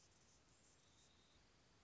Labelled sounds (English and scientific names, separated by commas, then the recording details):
Anna's Hummingbird (Calypte anna)
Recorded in Sonoma County, California